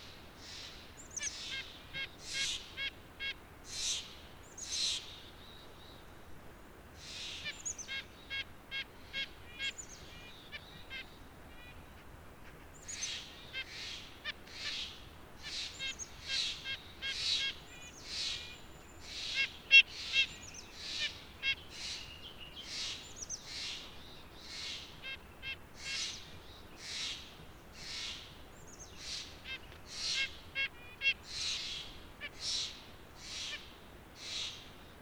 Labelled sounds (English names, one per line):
White-breasted Nuthatch call